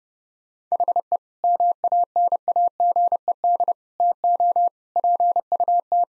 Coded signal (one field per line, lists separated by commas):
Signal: Morse code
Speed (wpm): 32 wpm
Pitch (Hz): 700 Hz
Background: none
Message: HE MANAGED TO PUT